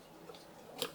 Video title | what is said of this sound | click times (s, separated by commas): Build the U.S.S Enterprise D from DeAgostini - Pack 19 - Stage 71 - 74 | So this window is going to snap into place just like that. | 0.8 s